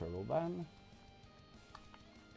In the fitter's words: comme ça c'est clipsé et voilà